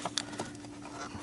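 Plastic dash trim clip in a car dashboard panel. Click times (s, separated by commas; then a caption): 0.2 s. A plastic trim clip in a car dashboard panel is worked loose by hand while the dash of an SRT4 is removed for a heater core install. Against a steady low hum, a sharp hit lands at 0.2 s between softer knocks near 0.1 s and 0.4 s, and the clip releases.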